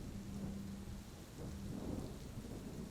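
Steady, hissing rain pours throughout, with a deep, low rumble of thunder rolling underneath; no voices are heard.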